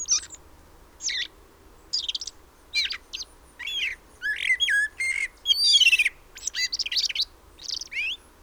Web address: SETE Turdus merula